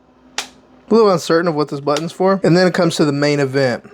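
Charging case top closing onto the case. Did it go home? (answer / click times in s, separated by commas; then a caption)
yes / 0.4 s. The plastic top of a DJI Action 6 charging case holding three batteries is snapped shut onto the case, giving a single sharp snap at 0.4 s as it closes firmly. Someone talks from about 0.9 s to the end.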